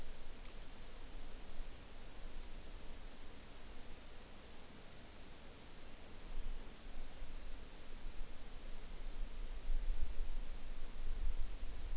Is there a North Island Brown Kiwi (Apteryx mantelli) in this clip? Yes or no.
no